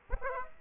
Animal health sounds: mosquito wingbeat signal from an infrared sensor; Aedes aegypti

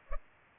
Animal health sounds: mosquito wingbeat signal from an infrared sensor; Culex pipiens

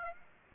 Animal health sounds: mosquito wingbeat signal from an infrared sensor; Aedes aegypti

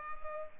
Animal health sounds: mosquito wingbeat signal from an infrared sensor; Culex pipiens

